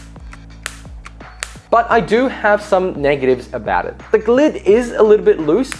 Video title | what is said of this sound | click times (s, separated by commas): TCL MoveAudio S600 ANC Headphones | even though it has a really satisfying click it is a little bit loose | 0.7 s, 1.4 s